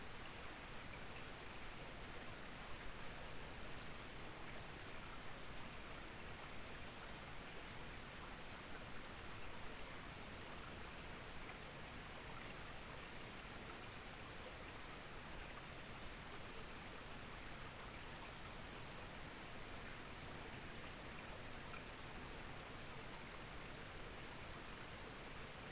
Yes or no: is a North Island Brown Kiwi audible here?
no